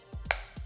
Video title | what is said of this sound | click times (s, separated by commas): MORE SPICE PLEASE - ETAT LIBRE D'ORANGE SPICE MUST FLOW FRAGRANCE REVIEW | Cap is metal, clicks into place, | 0.3 s